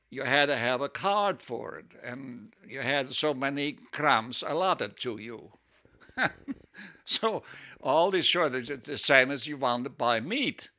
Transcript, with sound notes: you had to have a card for it and you had so many grams allotted to you. (he laughs) So all these shortages, the same as you wanted to buy meat.